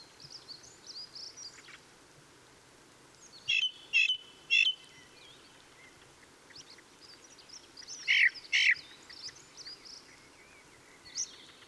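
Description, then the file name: Ring ouzel song: a quick run of three ringing notes, then a second burst of two notes, with thin high twittering from other birds throughout. Recorded 26 April 2014; song. "Ringdrossel. Michle Pron"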